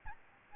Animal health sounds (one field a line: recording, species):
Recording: mosquito wingbeat signal from an infrared sensor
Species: Aedes albopictus